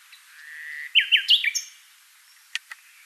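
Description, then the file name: Common nightingale phrase: a long steady whistle followed by several loud, fast, downslurred notes, then two short clicks after a brief gap. "Luscinia megarhynchos"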